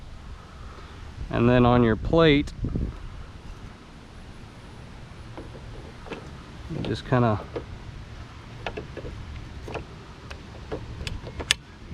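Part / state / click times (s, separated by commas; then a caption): motorcycle pannier case onto side-carrier adapter plate / seated / 11.5 s. A hard Pelican side case pannier is pushed onto the side-carrier adapter plate of a BMW 310 GS motorcycle while someone talks at the start. Several light knocks and taps follow between about 5 and 11 seconds as the case is fitted. It locks into place with the loudest, sharpest click at 11.5 s, seated.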